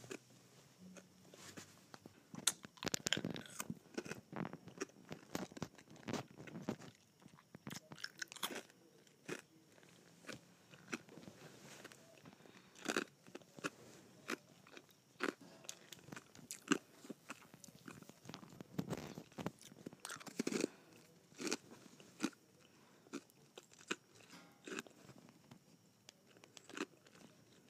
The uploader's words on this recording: ASMR Sucking and Biting Ice.